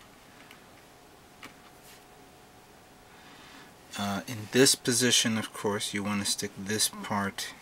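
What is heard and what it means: A silver plastic part from a PG Strike Freedom model kit is handled and held in position at the torso unit, with faint ticks near 0.5 s and 1.5 s over quiet background. From about 4 s, someone talks. The part has not snapped in or seated yet.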